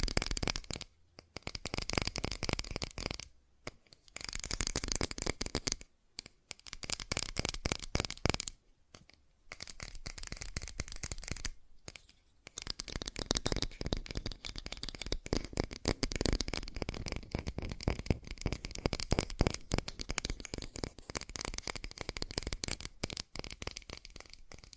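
Fast, dense tapping runs in bursts of a few seconds, each broken by short silences, with crisp, bright clicks that stay steady throughout.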